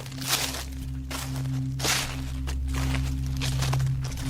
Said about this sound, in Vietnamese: Lại có thêm tiếng bước chân soạt soạt.